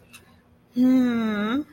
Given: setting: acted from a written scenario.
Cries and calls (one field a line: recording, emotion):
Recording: vocal sound without words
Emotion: ecstasy